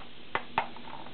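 A plastic part is locked into a paintball loader shell during reassembly. Two sharp clicks are heard at 0.4 s and 0.6 s, followed by a fainter tick near 1.2 s. The part is seated, nice and tight and snug.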